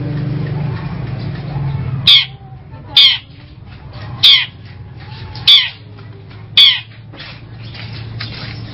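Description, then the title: Long-tailed shrike calls: five abrupt, scratchy high notes spaced about one second apart over low background rumble. "Audio Cendet Pentet"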